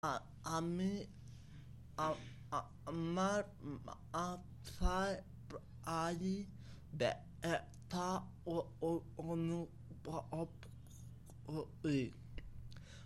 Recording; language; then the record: elicited speech; Bengali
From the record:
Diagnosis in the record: Broca's or global aphasia after a stroke